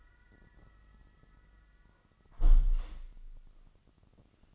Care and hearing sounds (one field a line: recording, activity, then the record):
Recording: daily activity, microphone in the room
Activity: close window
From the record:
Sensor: 4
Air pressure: 1005.6 hPa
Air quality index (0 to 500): 94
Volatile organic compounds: 2 ppm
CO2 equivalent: 1153 ppm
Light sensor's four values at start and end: 13/29/12/11 and 13/29/11/11